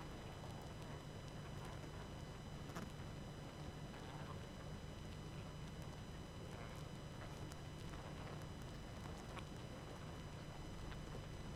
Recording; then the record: honeybee colony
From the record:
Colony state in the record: active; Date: 12 June 2018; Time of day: 20:17